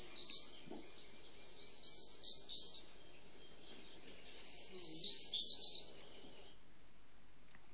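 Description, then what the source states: European stonechat giving short, high chirping notes in several brief bursts separated by pauses, over low background noise. Male, on the heath.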